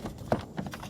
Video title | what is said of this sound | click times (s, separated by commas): 2010 - 2014 GM SUV Truck Front Door Broken Armrest Grab Handle Repair / Replacement (Chevy & GMC) | okay so I want to see if this is going to fit okay yeah fits great snapped right in so that's not a problem either | 0.3 s